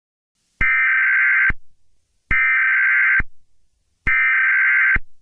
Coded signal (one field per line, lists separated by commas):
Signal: Emergency Alert System (SAME) tones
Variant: header bursts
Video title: Lo so raptor(a Jurassic Park novel eas scenario) along horror